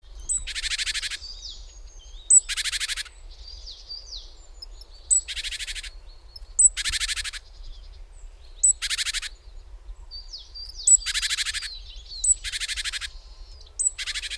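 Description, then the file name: Great tit giving several rasping churrs, most opened by a brief piercing note, with faint high twitters between them. "Parus major"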